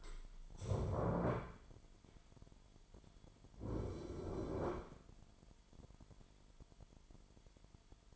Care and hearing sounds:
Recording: daily activity, microphone in the room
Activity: stand up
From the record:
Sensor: 5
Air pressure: 998.6 hPa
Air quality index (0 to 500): 88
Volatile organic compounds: 2 ppm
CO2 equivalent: 1006 ppm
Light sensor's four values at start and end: 33/79/33/36 and 33/80/33/37

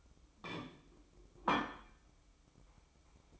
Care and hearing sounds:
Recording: daily activity, microphone in the room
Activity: place plate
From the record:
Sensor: 1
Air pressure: 1007.5 hPa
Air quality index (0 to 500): 76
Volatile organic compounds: 1 ppm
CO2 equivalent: 662 ppm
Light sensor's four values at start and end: 7/18/7/8 and 7/18/7/8

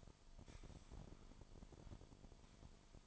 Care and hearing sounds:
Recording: daily activity, microphone in the room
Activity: sweep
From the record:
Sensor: 5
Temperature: 24.7 degrees Celsius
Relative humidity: 41.5%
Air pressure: 1003.2 hPa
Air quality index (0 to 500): 131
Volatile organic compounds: 1 ppm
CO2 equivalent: 963 ppm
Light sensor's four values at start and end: 50/120/50/56 and 50/120/51/57

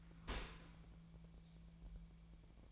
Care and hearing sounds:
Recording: daily activity, microphone in the room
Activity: open dishwasher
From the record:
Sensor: 1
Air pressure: 1000.5 hPa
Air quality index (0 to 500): 182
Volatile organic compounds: 4 ppm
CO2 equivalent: 1672 ppm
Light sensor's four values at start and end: 11/27/11/12 and 11/27/11/12

